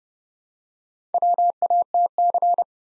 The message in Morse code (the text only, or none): WATC